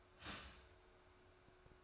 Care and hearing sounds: daily activity, microphone in the room; start toaster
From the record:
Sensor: 2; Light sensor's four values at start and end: 4/10/3/4 and 4/10/3/4

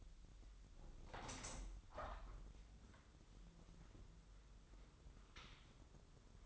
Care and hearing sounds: daily activity, microphone in the room; open window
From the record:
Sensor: 3

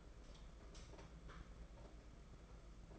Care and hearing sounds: daily activity, microphone in the room; light on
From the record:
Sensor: 5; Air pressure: 992.1 hPa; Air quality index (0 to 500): 207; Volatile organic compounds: 1000 ppm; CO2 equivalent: 5999 ppm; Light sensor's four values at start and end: 8/18/7/8 and 8/19/7/8

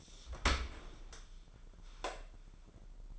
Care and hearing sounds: daily activity, microphone in the room; open dishwasher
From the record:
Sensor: 5

